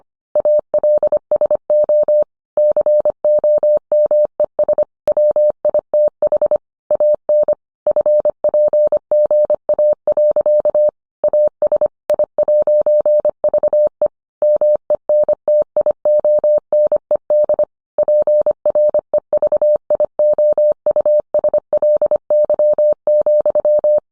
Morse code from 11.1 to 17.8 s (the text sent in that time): AS I'VE MENTIONED